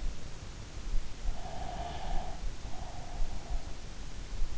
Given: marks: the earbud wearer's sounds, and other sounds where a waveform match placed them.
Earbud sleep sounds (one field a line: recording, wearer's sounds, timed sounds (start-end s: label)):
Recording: sounds in sleep by an in-ear microphone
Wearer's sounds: breath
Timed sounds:
1.37-3.96 s: breath